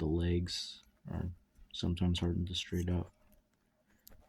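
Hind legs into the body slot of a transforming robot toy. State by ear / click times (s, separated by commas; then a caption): seated / 4.1 s. Someone talks while the plastic hind-leg assembly of a Transformers Studio Series BBM Core Class Ravage robot toy is pushed forward into its body slot. A small sharp click at 4.1 s marks the legs snapping into place and staying there, though the fit is not very good on this copy.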